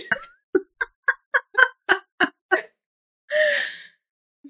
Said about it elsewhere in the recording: Rosie's snoring. I put the mic right by her little tiny snoring nose. She just snores like that. She's just like a little old lady. She's loud.